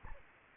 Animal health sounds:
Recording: mosquito wingbeat signal from an infrared sensor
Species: Aedes aegypti

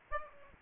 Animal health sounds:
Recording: mosquito wingbeat signal from an infrared sensor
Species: Aedes aegypti

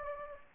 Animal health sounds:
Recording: mosquito wingbeat signal from an infrared sensor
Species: Anopheles gambiae

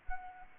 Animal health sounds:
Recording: mosquito wingbeat signal from an infrared sensor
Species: Anopheles arabiensis

